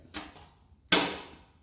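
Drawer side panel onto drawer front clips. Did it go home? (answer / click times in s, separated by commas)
yes / 0.9 s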